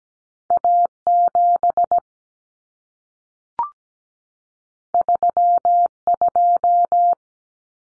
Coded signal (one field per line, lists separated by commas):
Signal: Morse code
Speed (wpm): 17 wpm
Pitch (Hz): 700 Hz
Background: none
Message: A7 32